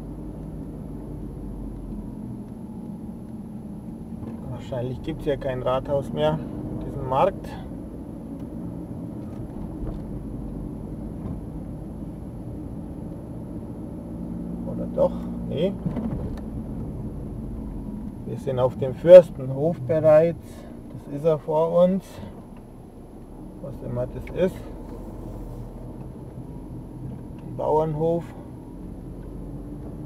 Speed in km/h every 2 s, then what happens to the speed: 28, 22, 24, 32, 34, 31, 33, 35, 28, 18, 3, 6, 14, 15, 16.
0-3 slows to 22. 3-6 speeds up to 32. 6-14 steady at about 33. 14-20 brakes to 3. 20-30 speeds up to 16.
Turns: none.